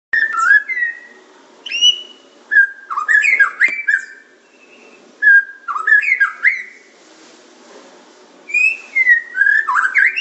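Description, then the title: Oriental magpie-robin song, rich whistled phrases with sliding notes and sharp chips, repeated in loud bursts with brief quiet gaps. "Kicau Kacer"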